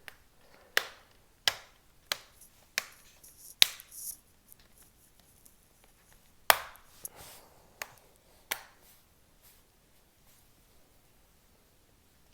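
The plastic screen bezel of an ASUS S46C laptop is pressed firmly onto the laptop display lid, working from the bottom clips to the top. Sharp plastic snaps ring out at 0.8, 1.5, 2.1, 2.8, 3.6 and 6.5 seconds as the clips engage, with a few fainter ticks following before the sound fades. The bezel clips seat home.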